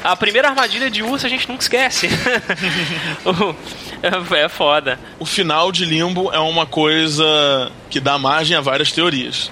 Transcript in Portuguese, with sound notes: A primeira armadilha de urso a gente nunca esquece. [risos] É… é foda.
O final de Limbo é uma coisa que dá margem a várias teorias.